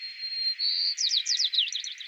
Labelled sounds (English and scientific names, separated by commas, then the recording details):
White-crowned Sparrow (Zonotrichia leucophrys) song
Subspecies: nuttalli
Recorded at Elkhorn Slough, California, in 2014
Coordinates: 36.810, -121.789
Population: admixed
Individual ELKH_maleA